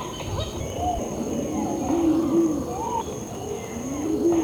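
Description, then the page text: Green imperial pigeon giving low, hollow hooting coos, several notes spread throughout, over a steady high-pitched whine. "Green Imperial Pigeon Call. Quick Sounds"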